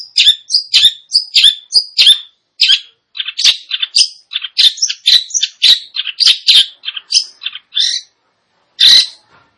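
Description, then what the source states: Long-tailed shrike song of dense, varied chattering and squeaky notes delivered rapidly, with a pause before one final loud harsh note. Indonesian name cendet; described as gacor, actively and vigorously singing.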